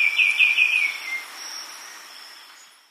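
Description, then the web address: White-winged becard song, a quick run of short down-slurred whistled notes in the first second, fading out, over a steady high insect hum. Ecuador. "Natures Songs S America Birds of Ecuador White-winged Becard"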